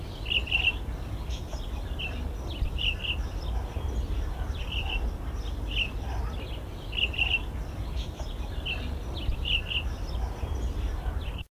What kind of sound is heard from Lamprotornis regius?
call